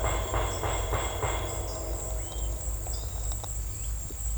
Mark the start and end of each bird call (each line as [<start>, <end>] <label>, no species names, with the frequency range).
[2.80, 3.37] bird call (3.4-6.1 kHz)